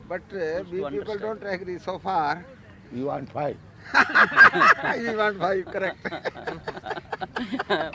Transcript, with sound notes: But we people don't agree so far.
Yes. You want five. [laughter]
We want five, correct.